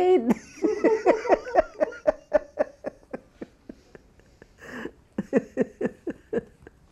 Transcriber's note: they laugh